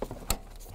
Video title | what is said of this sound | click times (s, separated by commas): How to Replace Radiator 2001-2007 Volvo V70 | line it up and it will just click right into place | 0.3 s